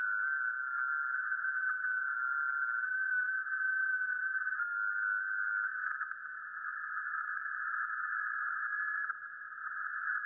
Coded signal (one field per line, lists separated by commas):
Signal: FT8